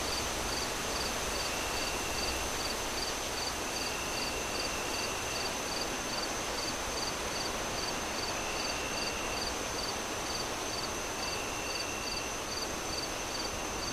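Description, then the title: Steady cricket chirping, a little over two pulsed chirps per second, with a continuous high drone and a lower trill that comes and goes, all over a rushing wind. Crickets on a windy night, wind howling through trees. "Relaxing Crickets Sounds On A Windy Night"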